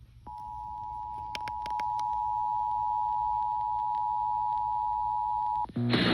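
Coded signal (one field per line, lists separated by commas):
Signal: Emergency Alert System (SAME) tones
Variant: 853 and 960 Hz attention tone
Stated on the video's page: Severe thunderstorm warning EAS alert aired on a radio station.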